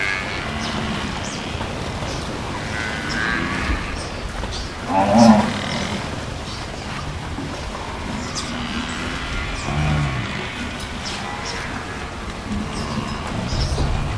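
African buffalo giving deep, short grunting moos repeated throughout, one louder call near five seconds, over a constant background hiss.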